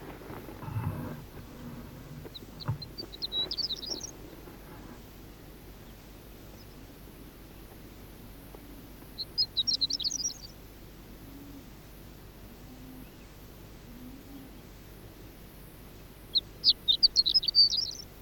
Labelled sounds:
Horned Lark
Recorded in the wild
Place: Wüste Gobi, MN
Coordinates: 42.795, 105.032
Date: 1979-06-01 05:45
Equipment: Nagra III BH, Sennheiser MD 21, parabola
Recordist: Schubert, Michael

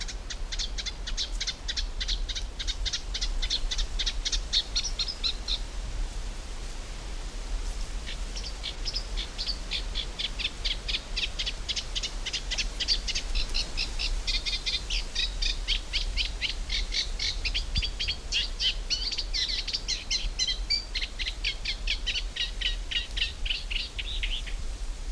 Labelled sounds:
Eurasian Reed Warbler song
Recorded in the wild
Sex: male
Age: adult
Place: Mühlenbecker Land, Naturpark Barnim, Brandenburg, DE
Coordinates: 52.6903, 13.3958
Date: 1991-07-28 11:42
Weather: sunny, 21 - 24°C, wind speed 3-4
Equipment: Marantz, Sennheiser ME 80, Kopie Tesla B 116
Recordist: Tembrock, Günter
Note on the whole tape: Mühlenbecker See: Gesang mit Imitationen, längere Strecke

